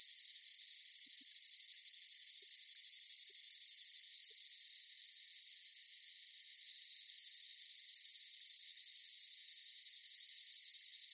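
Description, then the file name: Cicada buzz: piercing pulsed whine that softens into a steadier drone midway, then surges back into loud, regular pulses. Close up; rhythmic chirping in long phrases with a piercing whine. "gain walkers CICADA Close Up Rhythmic Chirping Long Phrases Piercing Whine"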